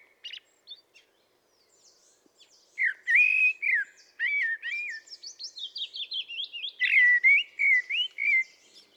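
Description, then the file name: Common blackbird song: a long continuous phrase of mellow, wavering flute notes interleaved with high squeaky trills, after a few scattered opening notes. "Turdus merula"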